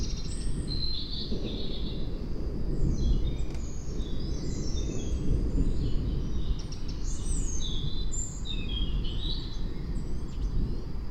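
Bird calls, a mix of quick chirps and sliding high notes, heard above constant low roaring background noise.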